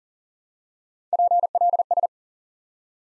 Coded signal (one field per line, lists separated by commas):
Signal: Morse code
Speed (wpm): 40 wpm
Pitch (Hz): 700 Hz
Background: none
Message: PLS